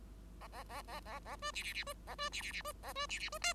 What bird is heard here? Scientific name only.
Lonchura striata domestica